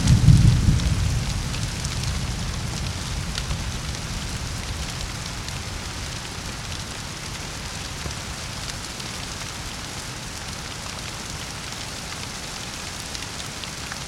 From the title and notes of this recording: Alpine Thunderstorm. The area above Kamniška Bistrica, surrounded by mountains, was hit by a series of extremely powerful thunderstorms. The recorded storm passed over the area during the night and you can hear the sounds of swollen torrential streams. Recorded in Slovenia by Gregor Vida.